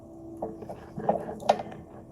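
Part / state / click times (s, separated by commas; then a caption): silver jump ring ends closing together / seated / 1.5 s. Pliers push the two ends of a saw-cut silver jump ring back together until they snap into the cut. A few faint handling ticks lead up to a sharp, bright click at 1.5 s. The jump ring snaps closed and is seated.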